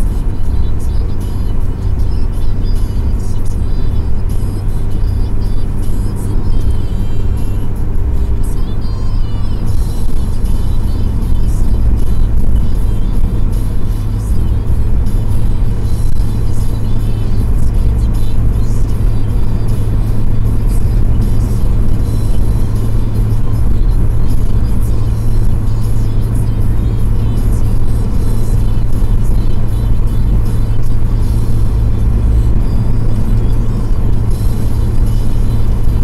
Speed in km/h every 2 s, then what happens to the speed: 95, 96, 99, 98, 99, 102, 104, 106, 107, 109, 109, 110, 108, 108, 108, 110, 110, 109.
0-21 speeds up to 110. 21-36 steady at about 109.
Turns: none.